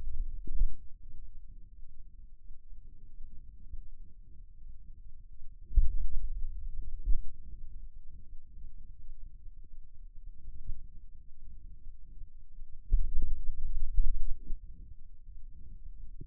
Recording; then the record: forearm muscle sounds (acoustic myography)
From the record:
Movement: pen grasping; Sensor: system 2, bracelet of six BSWA MPA416 microphones around the upper forearm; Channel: 2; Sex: male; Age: 22 years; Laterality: right